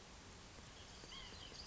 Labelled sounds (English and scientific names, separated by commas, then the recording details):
White-breasted Nuthatch (Sitta carolinensis)
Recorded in Sonoma County, California